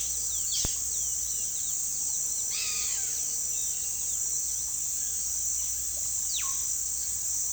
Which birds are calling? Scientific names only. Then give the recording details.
Sporophila angolensis, Milvago chimachima, Psarocolius bifasciatus. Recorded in pastures near Puerto Asís, Putumayo, Colombia, on 20 February 2024 at 08:30. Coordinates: 0.468, -76.328. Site G6414